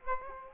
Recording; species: mosquito wingbeat signal from an infrared sensor; Aedes aegypti